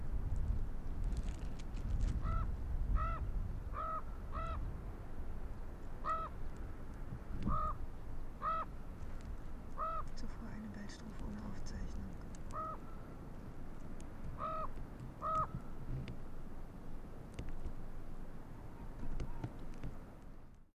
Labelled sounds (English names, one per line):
Arctic Fox